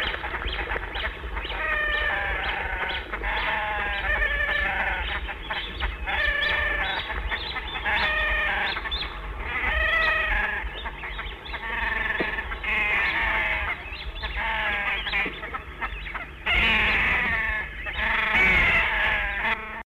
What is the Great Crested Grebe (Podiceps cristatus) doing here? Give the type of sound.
call